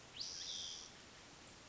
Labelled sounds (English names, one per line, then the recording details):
Spotted Towhee
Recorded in Sonoma County, California